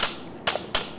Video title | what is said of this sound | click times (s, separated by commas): PSG Webinar - Ep.08 Smart Pet | This is a click sound over there, | 0.5 s, 0.8 s